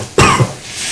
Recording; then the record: coughing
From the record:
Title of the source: Mid-morning Winter Coughing Fit